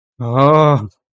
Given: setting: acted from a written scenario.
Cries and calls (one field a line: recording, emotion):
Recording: vocal sound without words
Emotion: ecstasy